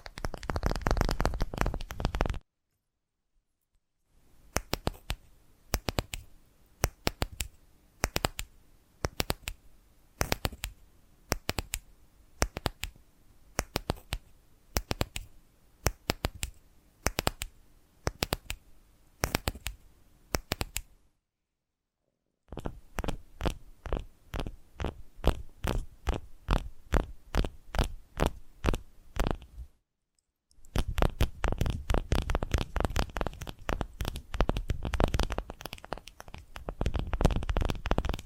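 Invisible tapping in quick, regular bursts of crisp clicks, broken by short silences near 3, 22 and 30 seconds, with soft scratching between.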